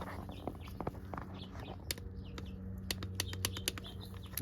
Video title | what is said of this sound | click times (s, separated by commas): MINI/BMW B46/B48 Cooper S Turbo Oil Change 2014-2024 | you hear the clicks so we're good | 1.9 s, 2.9 s, 3.2 s, 3.4 s, 3.7 s, 4.4 s